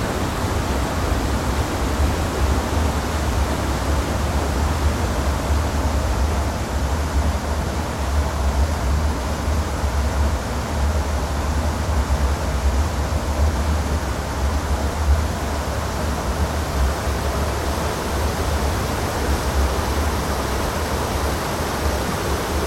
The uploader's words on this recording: The deep bass tones of the fall, the clashing ringing spray an infinite variety of small, low tones of the current gliding past the side of the Boulder Island and glinting against a thousand smaller stones down the Ferny channel. Follow the sounds of the Merced River in Yosemite National Park.